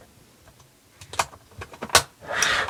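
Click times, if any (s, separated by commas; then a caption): 2.0 s. Plastic doors are fitted onto the body of a Star Wars The Vintage Collection Imperial Troop Transport toy, giving several sharp plastic snaps around 1.2 s and 1.8 s. The loudest snap, at 1.95 s, is the doors popping firmly into place, followed by a broad rustling swell to the end.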